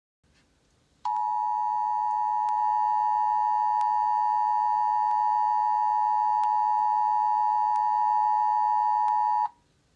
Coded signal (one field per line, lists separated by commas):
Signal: Emergency Alert System (SAME) tones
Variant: 853 and 960 Hz attention tone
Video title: DAVID ERROR 3 EAS